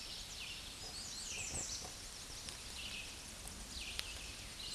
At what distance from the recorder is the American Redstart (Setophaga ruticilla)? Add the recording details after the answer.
about 20 m. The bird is about 5 m above the microphone. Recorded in a Pennsylvania forest on 16 May 2024 at 09:02. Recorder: AudioMoth, point MSD-0383. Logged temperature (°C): 15.3 °C. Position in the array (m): 103 m, 225 m